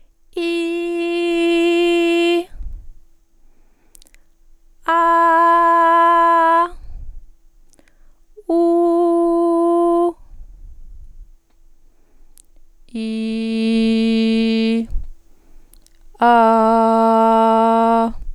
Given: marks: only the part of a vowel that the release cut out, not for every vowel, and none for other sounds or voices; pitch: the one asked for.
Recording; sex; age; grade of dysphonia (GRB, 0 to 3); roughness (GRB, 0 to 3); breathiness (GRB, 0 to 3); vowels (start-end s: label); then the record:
sustained vowels; female; 40 to 49 years; 0; 0; 0
0.58-2.01 s: vowel /i/, high pitch
5.06-6.42 s: vowel /a/, high pitch
8.64-9.94 s: vowel /u/, high pitch
13.15-14.66 s: vowel /i/, low pitch
16.53-17.93 s: vowel /a/, low pitch
From the record:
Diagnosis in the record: healthy voice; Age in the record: 42 years